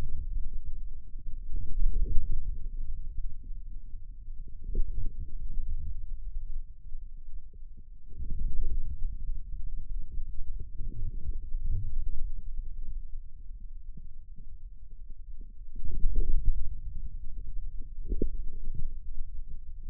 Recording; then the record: forearm muscle sounds (acoustic myography)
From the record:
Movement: radial deviation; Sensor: system 2, bracelet of six BSWA MPA416 microphones around the upper forearm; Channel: 6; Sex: male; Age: 22 years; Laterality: right